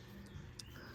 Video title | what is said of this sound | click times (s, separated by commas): Dummy Guide: Vp44 Cummins Valve springs, Push Rods & injectors | oh that one was you heard the click there you can use that top groove on the injector | 0.6 s